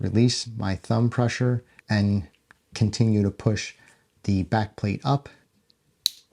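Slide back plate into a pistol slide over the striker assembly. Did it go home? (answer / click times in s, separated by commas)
yes / 6.1 s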